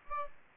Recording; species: mosquito wingbeat signal from an infrared sensor; Aedes aegypti